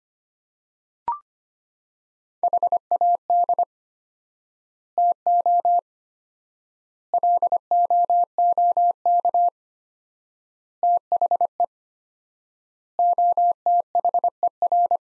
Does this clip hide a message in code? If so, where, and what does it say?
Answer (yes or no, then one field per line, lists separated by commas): yes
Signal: Morse code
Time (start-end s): 2.4-15.0 s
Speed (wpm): 25 wpm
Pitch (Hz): 700 Hz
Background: none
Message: HAD TO LOOK THE OTHER